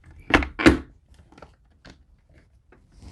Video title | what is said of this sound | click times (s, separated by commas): Miniblinds Installation | you can see here that it is clicked into place. | 0.3 s